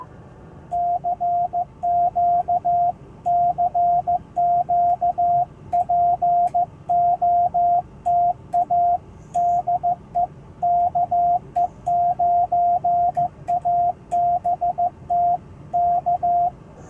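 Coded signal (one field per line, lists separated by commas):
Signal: Morse code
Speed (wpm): 15 wpm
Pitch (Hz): 700 Hz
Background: radio noise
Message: CQ CQ POTA DE KE9ABT K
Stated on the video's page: POTA park activation on 20m using a Hamstick antenna and a 10-watt Icom IC-703+.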